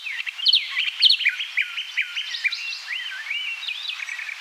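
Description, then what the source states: Common nightingale: songbird delivering a quick, jumbled series of warbled, chirping and whistled notes in rapid succession, with no steady rhythm. Eastern form, singing.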